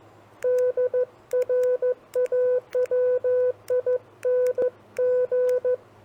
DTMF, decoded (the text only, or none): none